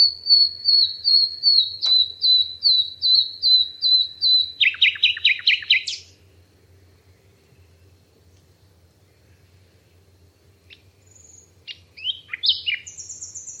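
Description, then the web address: Bird song: a steady run of about a dozen high piping notes, then a quick buzzy trill; after a pause, scattered sharp chirps and a high buzzy note. "Bird Only"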